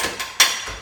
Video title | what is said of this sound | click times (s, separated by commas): David Leon Home Shopping Audition 2019 | hear that click that click means that you are in you're in you're safe you're not gonna fall | 0.4 s